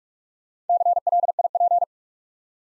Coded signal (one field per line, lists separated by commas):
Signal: Morse code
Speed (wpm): 44 wpm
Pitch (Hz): 700 Hz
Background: none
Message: CLIP